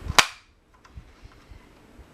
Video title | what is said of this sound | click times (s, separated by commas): Review of 4Moms MamaRoo and how to take it apart | lose this piece so i just put it push it back on you hear it snap | 0.2 s